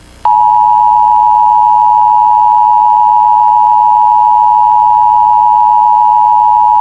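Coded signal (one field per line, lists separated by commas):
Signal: Emergency Alert System (SAME) tones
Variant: 853 and 960 Hz attention tone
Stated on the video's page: Fictional EAS scenario, homemade.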